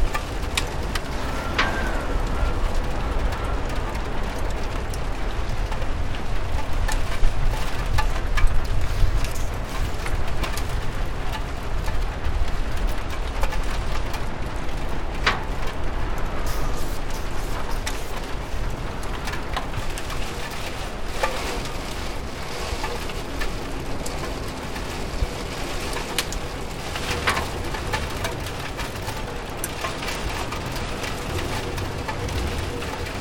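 Rain patters steadily against a window, a dense, even hiss with scattered sharper taps and drips throughout. A low rumble runs underneath, and brief brighter clicks stand out around 2, 15 and 27 seconds. The level stays fairly constant across the recording.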